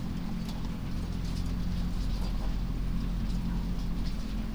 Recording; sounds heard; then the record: poultry house recording; sick chickens (respiratory disease)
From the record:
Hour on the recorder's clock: 2